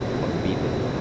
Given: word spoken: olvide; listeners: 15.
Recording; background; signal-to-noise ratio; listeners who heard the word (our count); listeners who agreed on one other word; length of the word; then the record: one Spanish word in noise, from a listening test; speech-shaped noise; -5.0 dB; 0 of 15; 10 of 15; 0.61 s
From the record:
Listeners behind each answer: 10, 1, 1, 1, 1, 1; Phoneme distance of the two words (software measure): 10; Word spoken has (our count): 3 syllables, 6 phonemes, stress on syllable 2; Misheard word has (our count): 3 syllables, 6 phonemes, stress on syllable 2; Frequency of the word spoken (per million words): 7.79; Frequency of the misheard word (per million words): 25.45